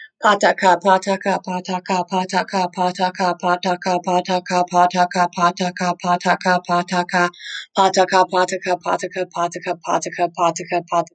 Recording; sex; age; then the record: repeated syllables /pa ta ka/; female; 20 to 29 years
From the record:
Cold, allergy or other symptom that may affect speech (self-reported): no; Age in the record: 27 years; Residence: Colorado, United States